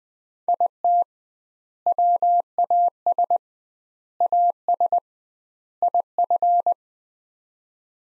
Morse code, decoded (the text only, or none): IT WAS AS IF